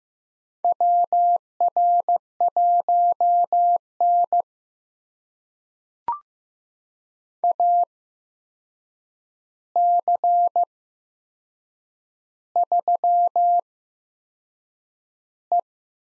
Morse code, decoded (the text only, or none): WR1N AC3E